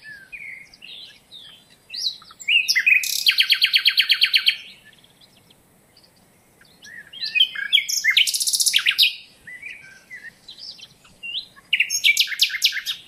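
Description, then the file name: Common nightingale song: varied rising chirps alternating with loud rapid rattling bursts of repeated notes, separated by brief pauses. "Luscinia megarhynchos"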